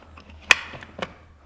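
A vehicle seat belt with a sliding latch plate, routed through the car seat's belt path, is pushed into the buckle. A sharp, loud click at 0.5 s confirms the latch plate has seated, followed by a few fainter clicks and rattles around 0.8 s and 1.0 s.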